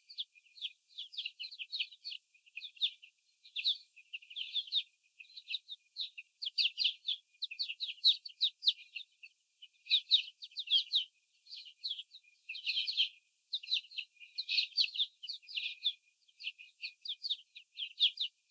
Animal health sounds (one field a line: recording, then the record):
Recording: young laying hens in a cage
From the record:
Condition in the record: after the stressor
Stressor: sudden umbrella opening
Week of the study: 3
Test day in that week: 2